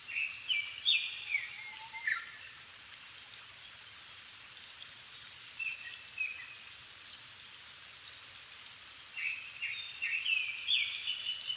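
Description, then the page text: Japanese thrush song in two bursts of varied whistled notes separated by several quiet seconds, with faint further notes between and steady hiss throughout. 7 May 2011 at 17:59, evening; altitude 270 m; recorded with Sony PCM-D50 and Panasonic WM-61A microphone. "Turdus cardis [Sounds -Nikko Today-]"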